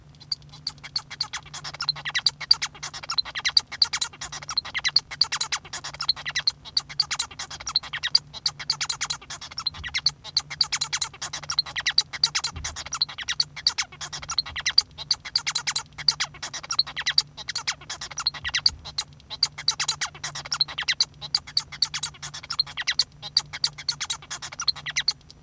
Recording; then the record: song of a male Bengalese finch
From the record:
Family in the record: son of father 1